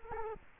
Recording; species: mosquito wingbeat signal from an infrared sensor; Culex quinquefasciatus